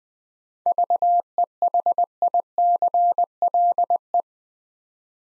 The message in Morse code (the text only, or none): VEHICLE